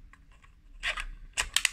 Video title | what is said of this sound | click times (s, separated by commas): КАК да Тунинговате дрон за РИБОЛОВ + КАК РАЗБИХ ДРОНА В КАНАЛ | Виждате, докато не щракне. | 1.6 s